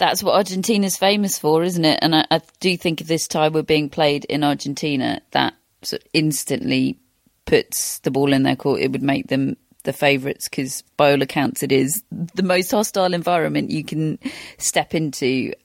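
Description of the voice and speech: Clear, fluent conversational speech from one adult with natural pauses and ordinary voice; no speech disorder heard.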